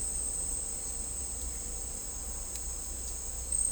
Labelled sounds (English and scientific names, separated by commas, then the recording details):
none
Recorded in dense forest near Puerto Asís, Putumayo, Colombia, on 16 December 2024 at 11:30
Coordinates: 0.499, -76.324
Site G045